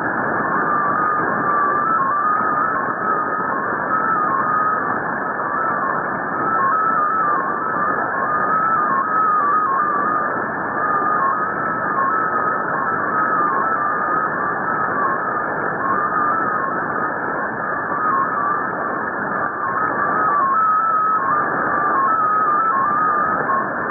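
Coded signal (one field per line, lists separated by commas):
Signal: multi-tone FSK (Olivia or MFSK type)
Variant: XPA2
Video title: 13538 kHz USB - XPA2 - 04/04/2017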